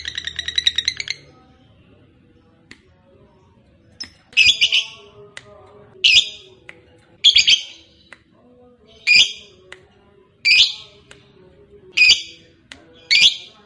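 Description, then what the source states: Lovebird calls: a short chattering burst, then a silence. Sharp, harsh chirps follow at roughly one-and-a-half-second intervals, over faint low background sounds. Fighter-type lovebird singing energetically (gacor).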